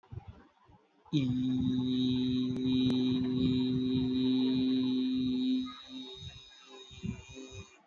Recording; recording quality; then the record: sustained vowel as in beet; excellent, no background noise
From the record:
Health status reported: healthy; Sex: male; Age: 32 years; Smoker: no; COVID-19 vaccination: one dose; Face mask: not worn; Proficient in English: yes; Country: India